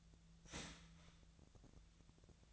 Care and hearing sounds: daily activity, microphone in the room; start toaster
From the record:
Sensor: 3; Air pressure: 1009.3 hPa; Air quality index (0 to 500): 198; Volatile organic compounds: 17 ppm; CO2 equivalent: 2565 ppm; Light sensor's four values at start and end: 21/55/22/23 and 19/49/20/21

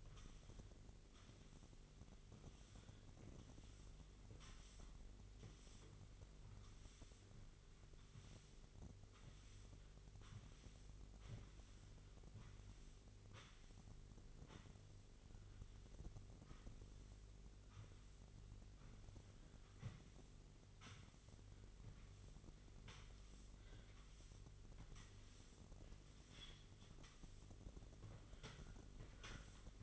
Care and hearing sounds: daily activity, microphone in the room; sweep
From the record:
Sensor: 4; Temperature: 27.9 degrees Celsius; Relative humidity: 34.3%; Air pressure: 1002.4 hPa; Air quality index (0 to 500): 216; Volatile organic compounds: 12 ppm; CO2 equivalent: 2330 ppm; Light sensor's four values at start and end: 19/69/25/25 and 19/68/25/25

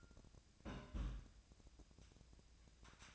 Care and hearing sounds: daily activity, microphone in the room; place on stove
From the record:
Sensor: 2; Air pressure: 999.8 hPa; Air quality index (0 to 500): 124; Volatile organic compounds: 2 ppm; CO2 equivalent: 1072 ppm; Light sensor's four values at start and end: 35/87/38/43 and 35/87/38/43

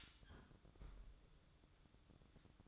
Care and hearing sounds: daily activity, microphone in the room; close fridge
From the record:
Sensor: 3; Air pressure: 1007.7 hPa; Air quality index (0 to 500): 75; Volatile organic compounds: 1 ppm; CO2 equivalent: 656 ppm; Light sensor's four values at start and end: 12/29/12/12 and 12/29/12/12

